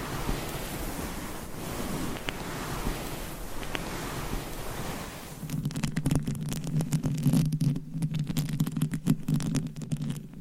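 Microphone cover rubbing and scratching: a steady rushing hiss for five seconds, then dense rapid scratchy crackles over a low droning hum.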